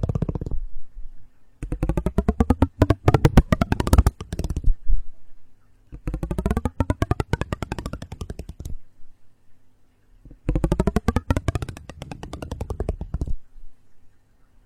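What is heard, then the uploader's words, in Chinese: An odd material sound: a creaking, rattling buzz made of rapid clicks that comes in three long bursts, near 2, 6 and 11 seconds, each a few seconds long with a pitch that bends up and down. A faint low hum continues between bursts. 奇怪的材料音｜类似小马达震动的声音、小木块、炸耳朵等。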